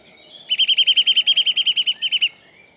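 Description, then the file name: Eurasian nuthatch with a quick repeated whistled trill of many notes, briefly faltering near the end. "Sitta europaea"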